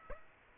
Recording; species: mosquito wingbeat signal from an infrared sensor; Aedes aegypti